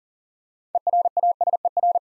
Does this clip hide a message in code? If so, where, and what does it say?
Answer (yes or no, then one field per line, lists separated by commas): yes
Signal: Morse code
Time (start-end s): 0.8-2.0 s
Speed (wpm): 39 wpm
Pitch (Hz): 700 Hz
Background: none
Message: ERASER